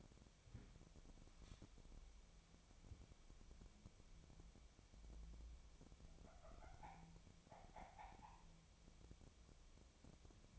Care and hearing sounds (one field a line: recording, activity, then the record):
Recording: daily activity, microphone in the room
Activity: wipe stove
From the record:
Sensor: 1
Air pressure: 1007.1 hPa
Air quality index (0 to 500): 204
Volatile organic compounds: 22 ppm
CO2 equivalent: 2758 ppm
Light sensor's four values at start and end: 13/33/13/14 and 13/32/13/14